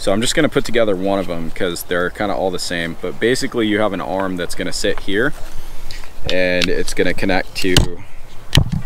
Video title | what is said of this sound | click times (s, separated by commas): GreenStalk Original Build and Initial Review - Vertical Growing Series Video 1 | that snap into place and then this end's going to come along | 8.6 s